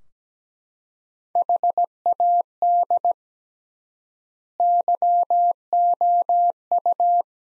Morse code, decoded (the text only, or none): HAD YOU